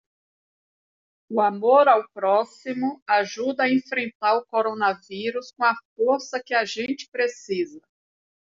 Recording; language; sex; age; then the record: spoken sentence; Brazilian Portuguese; female; 40 to 49 years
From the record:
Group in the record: control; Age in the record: 48 years